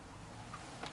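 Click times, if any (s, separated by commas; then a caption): none. The main unit of a Sena 20S-01 motorcycle Bluetooth 4.1 intercom is handled while being slid onto its plastic clamp kit on the helmet. A steady broadband hiss is heard, with faint brief handling sounds around 0.5 s and 0.8 s. Nothing has seated or clicked yet.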